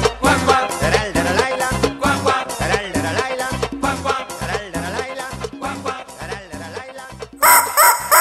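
A rooster's crowing rings out over bouncy, steady-beat farm-song music, its calls woven among the rhythmic instrumental backing until the texture shifts near the end.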